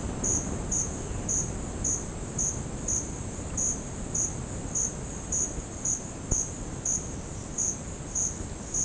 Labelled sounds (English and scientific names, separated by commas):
none